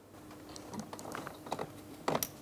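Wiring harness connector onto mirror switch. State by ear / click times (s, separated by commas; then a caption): not seated / none. A plastic wiring harness electrical connector is lined up and pressed onto the power mirror switch of a 2011-2026 Mitsubishi Outlander. Light plastic rattles and taps are heard, with sharper ticks near 1.2, 1.5 and 2.1–2.2 seconds. The clip ends just before the connector goes home, so nothing has seated or clicked yet.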